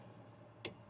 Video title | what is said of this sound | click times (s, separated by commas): How to change the front brake pads on a 2018 Nissan Versa (easy and fast)🤓😁 | there's the click | 0.7 s